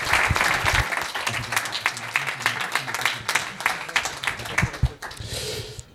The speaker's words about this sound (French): Applaudissons les illustrateurs.